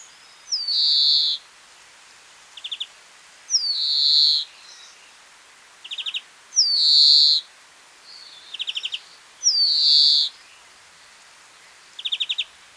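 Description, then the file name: European greenfinch giving a drawn-out wheezy nasal note alternating with a short dry trill, the pair repeated about every three seconds. "Chloris chloris"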